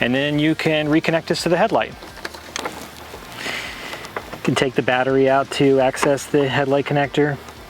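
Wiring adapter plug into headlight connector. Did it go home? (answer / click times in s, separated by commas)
no / none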